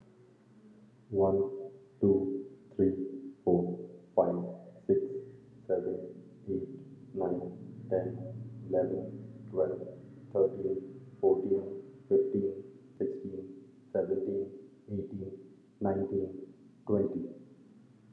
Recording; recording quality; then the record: counting at a normal pace; excellent, no background noise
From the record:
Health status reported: healthy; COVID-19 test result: negative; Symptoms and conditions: cough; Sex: male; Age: 34 years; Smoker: not ticked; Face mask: not worn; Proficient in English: yes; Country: India